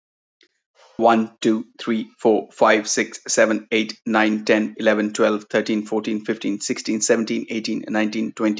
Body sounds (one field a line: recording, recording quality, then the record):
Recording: counting at a fast pace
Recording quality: excellent, no background noise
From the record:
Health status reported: healthy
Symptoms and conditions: none ticked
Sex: male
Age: 34 years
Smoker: not ticked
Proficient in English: yes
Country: India